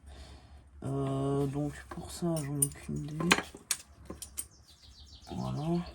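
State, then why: Not seated. During brake reassembly on a BMW G21 320i disc and pad change, a small metal brake pad retaining clip is handled and pressed toward its place in the brake caliper and pad carrier while someone talks. Short sharp metallic taps and clinks are heard at about 3.7, 4.1, 4.2 and 4.4 seconds. Nothing has seated or clicked into place yet.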